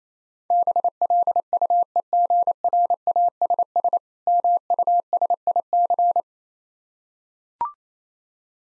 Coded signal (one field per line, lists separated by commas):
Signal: Morse code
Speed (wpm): 28 wpm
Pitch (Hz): 700 Hz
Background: none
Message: BLUEGRASS MUSIC